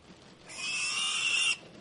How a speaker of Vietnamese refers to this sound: Tiếng mấy con heo kêu inh ỏi phát ra. Cả ba người họ đang đứng ngay cạnh cửa đông của thôn, cũng là lối dẫn ra khu vực chăn nuôi gia súc. Tiếng kêu lớn đến nỗi át luôn cả tiếng mưa và thu hút sự chú ý của cả bọn.